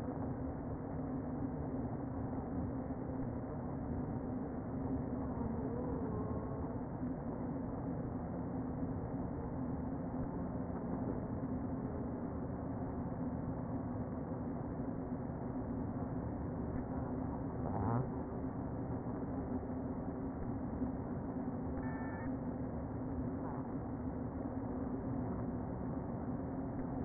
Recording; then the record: honeybee colony, microphone inside the hive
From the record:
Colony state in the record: queen present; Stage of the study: before two queens were removed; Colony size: about 60,000 bees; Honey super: yes